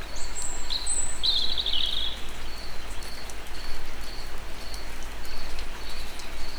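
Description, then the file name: European robin giving one brief, fast, high warbled phrase near the start, followed by hiss and a faint high note pulsing regularly. Recorded in nature at Egerturistaház. "vorosbegy egerturistahaz"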